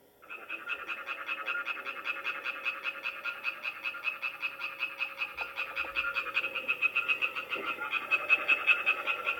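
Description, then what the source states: European tree frog calling in a rapid, steady series of pulsed croaks, growing louder toward the end. Typical call; recorded in a species-protection area on a hillside at Ebikon near Lucerne.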